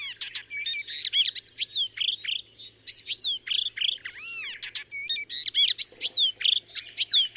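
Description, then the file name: Icterine warbler song, a fast medley of squeaky whistles, nasal notes and sweeping slurs. "Hypolais icterine"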